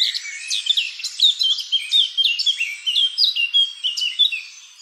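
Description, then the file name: Eurasian blackcap song with clear, rich whistled notes and quick slurs, delivered in an unbroken flowing stream, fading slightly at the end. "Sylvia atricapilla"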